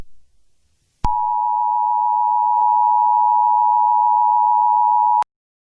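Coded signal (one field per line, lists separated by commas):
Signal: Emergency Alert System (SAME) tones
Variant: 853 and 960 Hz attention tone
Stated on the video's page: A fictional EAS scenario, not a real alert, set in New York City.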